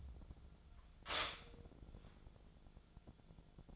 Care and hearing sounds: daily activity, microphone in the room; stop toaster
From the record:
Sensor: 5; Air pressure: 1000.3 hPa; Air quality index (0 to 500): 130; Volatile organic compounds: 2 ppm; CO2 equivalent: 1023 ppm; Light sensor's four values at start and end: 80/188/80/86 and 80/188/80/86

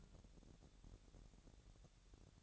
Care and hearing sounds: daily activity, microphone in the room; take from stove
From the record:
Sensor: 3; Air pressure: 1012.0 hPa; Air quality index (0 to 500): 202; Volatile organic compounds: 3 ppm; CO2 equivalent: 1511 ppm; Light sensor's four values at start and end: 111/262/107/95 and 111/262/107/95

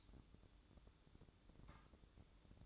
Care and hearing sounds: daily activity, microphone in the room; light on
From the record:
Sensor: 3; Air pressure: 1007.9 hPa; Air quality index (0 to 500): 83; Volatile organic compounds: 1 ppm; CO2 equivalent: 705 ppm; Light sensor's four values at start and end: 11/27/11/11 and 17/47/19/18

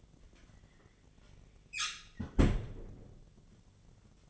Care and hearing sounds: daily activity, microphone in the room; close fridge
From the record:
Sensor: 4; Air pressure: 1010.6 hPa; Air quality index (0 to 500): 175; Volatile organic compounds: 5 ppm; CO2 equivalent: 1779 ppm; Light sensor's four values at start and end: 28/84/33/34 and 34/100/40/40

